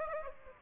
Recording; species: mosquito wingbeat signal from an infrared sensor; Aedes aegypti